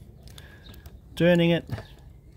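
The smaller key is turned in the lock of an exterior hatch on a 2021 Adria motorhome, giving a few faint, short ticks around 0.3 to 0.9 seconds, and then someone talks briefly. The hatch lock button has not been pushed in yet, so nothing has seated or clicked into place yet.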